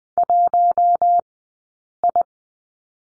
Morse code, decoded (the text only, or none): 1I